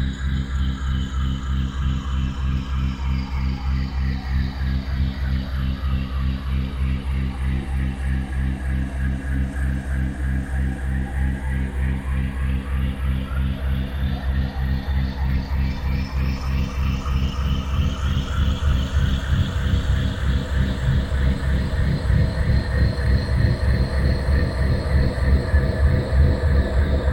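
A full-spectrum binaural tone built on C# at 65.4 Hz with a 3.2 Hz delta beat: a steady, deep droning hum with a fast, even throb. Above it, a hiss-like wash slowly sweeps up and down, and the whole sound grows slightly louder toward the end.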